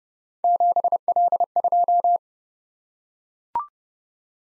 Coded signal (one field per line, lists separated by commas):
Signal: Morse code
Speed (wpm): 28 wpm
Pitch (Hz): 700 Hz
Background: none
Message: 7L2